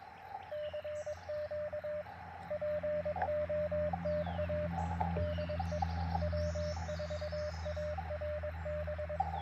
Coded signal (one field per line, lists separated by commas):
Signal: Morse code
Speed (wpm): 23 wpm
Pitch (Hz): 600 Hz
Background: radio noise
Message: CQ POTA DE W4ARB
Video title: Morning Morse Code - 05/07/2024